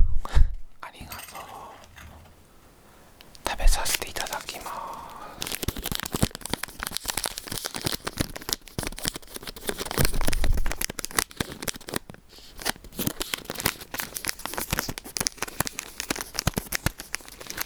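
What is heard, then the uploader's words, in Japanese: Sounds of food being eaten, with crisp crunching and crackling. After a sharp bite at the start and a short lull, dense rapid crunches run steadily from about four seconds to the end, with a brief pause near twelve seconds. 咀嚼音 食べ物を食べる音。ファンのプレゼントお菓子。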